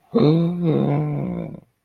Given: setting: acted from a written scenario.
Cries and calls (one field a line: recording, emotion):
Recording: vocal sound without words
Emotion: awe